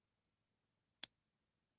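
A small metal three-strand magnetic clasp on a beaded bracelet is closed, and its halves snap together. In near silence, a single short, bright click is heard at 1.0 s, and the clasp is shut.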